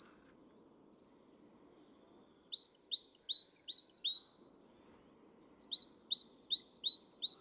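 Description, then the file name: Great tit singing a rapid series of high, squeaky two-note units, two bursts with a quiet gap between them, faint low rumble underneath. "Parus major"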